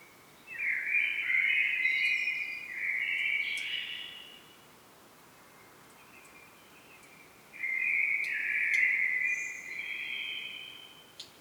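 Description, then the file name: Common blackbird song in two bursts, each a melodious warbling phrase followed by a squeakier ending, with a long pause between and faint clicks. "Turdus merula"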